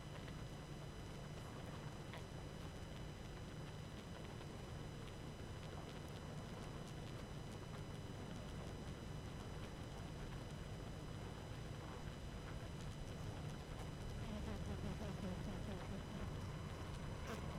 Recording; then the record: honeybee colony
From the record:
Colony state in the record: active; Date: 12 June 2018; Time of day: 19:26